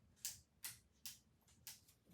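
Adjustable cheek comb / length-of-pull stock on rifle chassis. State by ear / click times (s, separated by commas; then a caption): seated / 0.2 s, 0.6 s, 1.1 s, 1.7 s. The adjustable cheek comb or length-of-pull stock on a MasterPiece Arms BA PMR rifle chassis, set up for PRS competition, is stepped through its detent positions. Four small, sharp metallic clicks are heard at about 0.3, 0.6, 1.1 and 1.7 seconds. Each click is the stock seating into its next detent position.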